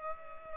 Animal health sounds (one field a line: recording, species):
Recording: mosquito wingbeat signal from an infrared sensor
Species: Culex pipiens